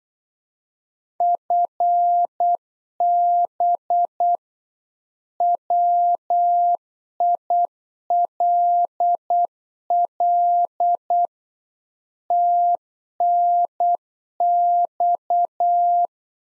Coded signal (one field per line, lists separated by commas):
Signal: Morse code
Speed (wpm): 8 wpm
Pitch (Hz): 700 Hz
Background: none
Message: FB WILL TNX